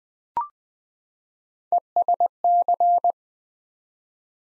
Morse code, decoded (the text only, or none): ESC